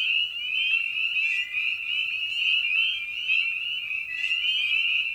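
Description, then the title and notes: Spring peepers in full chorus, bright upward-sliding peeps crowding together continuously, with a couple of sharp clicks breaking through. Evening at a frog pond. "Night of the Peepers. In this episode we return to the frog pond for a meditative evening. Species in Focus: Spring Peeper (Pseudacris crucifer). Ian Carlsen"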